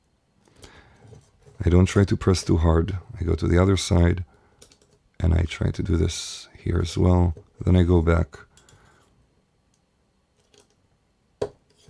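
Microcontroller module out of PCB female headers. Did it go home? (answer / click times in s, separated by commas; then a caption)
released / 11.4 s. A flat screwdriver gently levers a microcontroller module out of its female headers on a PCB, working from side to side while someone talks, with faint scraping and tapping between phrases. A sharp click at 11.4 s marks the module popping free, released with all its pins straight.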